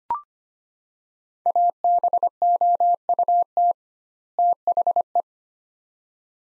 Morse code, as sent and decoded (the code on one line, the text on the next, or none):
.- -... --- ..- - / - .... .
ABOUT THE